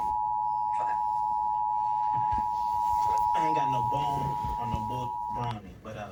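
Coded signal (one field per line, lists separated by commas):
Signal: Emergency Alert System (SAME) tones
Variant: 853 and 960 Hz attention tone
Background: speech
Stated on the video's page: Fictional simulated alert scenario.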